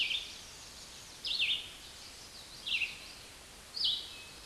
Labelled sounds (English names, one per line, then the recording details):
Red-eyed Vireo song
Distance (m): 10 m
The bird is about 5 m below the microphone
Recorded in a Pennsylvania forest on 16 May 2024 at 08:52
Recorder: AudioMoth, point MSD-2287
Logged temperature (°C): 11.2 °C
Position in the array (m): 134 m, 19 m